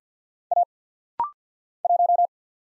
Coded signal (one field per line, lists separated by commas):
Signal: Morse code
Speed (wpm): 49 wpm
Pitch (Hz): 700 Hz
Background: none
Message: A 1